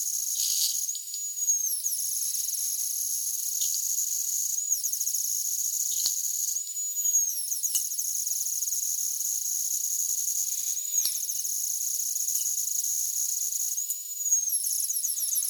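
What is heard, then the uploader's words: A thawing bottle cap gives off a steady, piercing high whistle, two bright tones held nearly unbroken throughout. Every few seconds, around 2, 5, 7, 11 and 14 seconds, the pitch wavers and slides as the cap is squeezed, with faint clicks between. 2 Tito's mid-sized Vodka bottles frozen & then emptied. The resulting audio is natural oscillations coming from the cap of the bottle as the liquid and air heat up, as it thaws. Squeezed sides of cap on different spots around the rim with 2-5 fingers & applied pressure to the top for other variations in the oscillating sounds.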